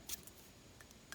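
The plastic cap of a Lamy Safari fountain pen is pushed onto the front of the pen body (not posted), with a few soft handling taps and rustles before it snaps on with a sharp click at 1.1 s. The cap is seated, and the firm click is what a genuine pen is expected to make.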